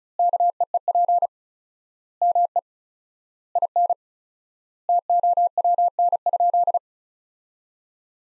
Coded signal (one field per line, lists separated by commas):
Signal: Morse code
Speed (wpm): 34 wpm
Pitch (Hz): 700 Hz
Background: none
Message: KEEP ME IN TOWN?